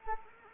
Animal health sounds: mosquito wingbeat signal from an infrared sensor; Anopheles arabiensis

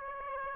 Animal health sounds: mosquito wingbeat signal from an infrared sensor; Aedes aegypti

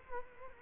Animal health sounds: mosquito wingbeat signal from an infrared sensor; Culex quinquefasciatus

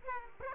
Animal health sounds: mosquito wingbeat signal from an infrared sensor; Aedes aegypti

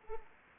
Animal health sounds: mosquito wingbeat signal from an infrared sensor; Anopheles arabiensis

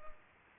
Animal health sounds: mosquito wingbeat signal from an infrared sensor; Culex pipiens

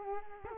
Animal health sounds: mosquito wingbeat signal from an infrared sensor; Culex quinquefasciatus

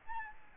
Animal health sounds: mosquito wingbeat signal from an infrared sensor; Aedes albopictus

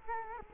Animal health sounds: mosquito wingbeat signal from an infrared sensor; Culex quinquefasciatus

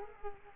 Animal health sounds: mosquito wingbeat signal from an infrared sensor; Culex quinquefasciatus

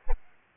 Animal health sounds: mosquito wingbeat signal from an infrared sensor; Aedes albopictus

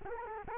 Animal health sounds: mosquito wingbeat signal from an infrared sensor; Culex quinquefasciatus

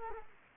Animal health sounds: mosquito wingbeat signal from an infrared sensor; Culex quinquefasciatus

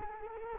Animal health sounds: mosquito wingbeat signal from an infrared sensor; Culex quinquefasciatus

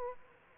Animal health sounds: mosquito wingbeat signal from an infrared sensor; Aedes aegypti

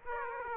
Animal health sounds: mosquito wingbeat signal from an infrared sensor; Aedes aegypti

